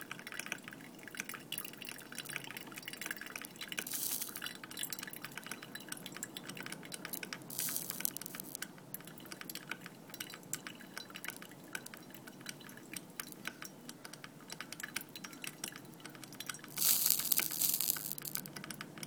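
Coffee being made: dense crackling and crunching, with hissing bursts near four, eight and seventeen seconds.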